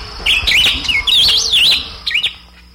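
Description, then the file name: Bird song: loud, continuous warbling of high whistled notes that swoop up and down, ending in a short pair of chirps. "SABIOD"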